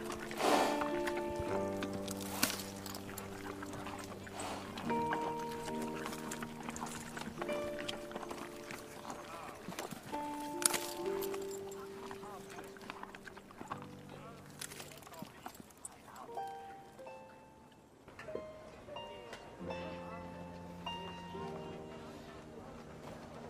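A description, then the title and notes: A medieval town ambience: steady music with sustained held notes and a low drone plays throughout, under a murmur of chatter. Sharp knocks and clip-clop hoof sounds of a horse cart punctuate it irregularly, with a brief quieter lull around eighteen seconds. Quiet medieval town | distance music/chatter/horse cart. Animals (sheep/chicken/horse/dog).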